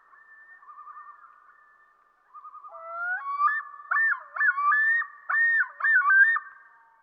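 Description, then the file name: Common loon with soft quavering tremolos at first, then a louder run of broken, yodel-like phrases. "dan gibsons solitudes common loon"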